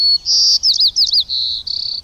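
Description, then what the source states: White-crowned Sparrow song: an opening whistle, a sustained buzzy note, several quick swooping slurred notes, then a long buzz and a fast trill. Regional song dialect of a White-crowned Sparrow from Washington State, replayed for comparison with another dialect.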